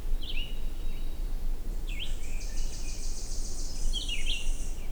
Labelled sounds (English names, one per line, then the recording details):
Red-eyed Vireo song
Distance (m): 25 m
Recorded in boreal forest in Alberta, Canada, on 21 June 2016 at 08:27
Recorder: SongMeter 3, array SBT-6-81
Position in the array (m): 49 m, 229 m